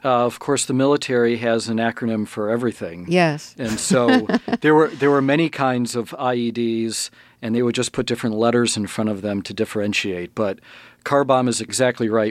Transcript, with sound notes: Of course the military has an acronym for everything.
Yes.
(LAUGHTER) And so there were many kinds of IEDs, and they would just put different letters in front of them to differentiate, but car bomb is exactly right.